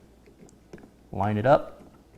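A RAM memory module is lined up with a gray DIMM slot on a motherboard, ready to be pressed in one corner at a time. Faint small ticks of handling come at about 0.3, 0.5 and 0.7–0.8 s, and someone talks from about 1.1 to 1.6 s. Nothing has seated or clicked yet.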